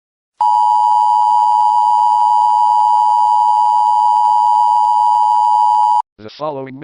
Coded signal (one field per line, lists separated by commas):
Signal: Emergency Alert System (SAME) tones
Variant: 853 and 960 Hz attention tone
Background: speech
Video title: How I make EAS Scenarios